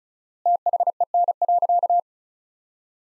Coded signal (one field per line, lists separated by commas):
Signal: Morse code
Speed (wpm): 34 wpm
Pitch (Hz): 700 Hz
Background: none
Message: THEN.